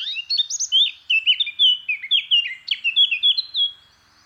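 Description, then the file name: Eurasian blackcap song, a rapid run of varied warbled notes flowing into loud, fluty whistles, lasting about four seconds. "Sylvia atricapilla"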